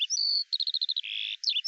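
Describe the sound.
Eurasian skylark fragment: a thin whistle, a quick run of pulsed notes, a brief buzz and a few chirps, all high-pitched.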